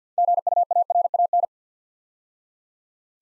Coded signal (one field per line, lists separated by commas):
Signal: Morse code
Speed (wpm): 50 wpm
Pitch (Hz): 700 Hz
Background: none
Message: GUARAN